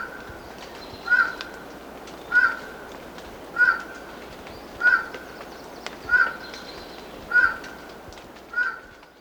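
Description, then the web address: Highland tinamou calling: a steady series of seven single notes, about one every 1.25 seconds, over faint background hiss. Recorded in Ecuador. "Birds of Ecuador. Highland Tinamou"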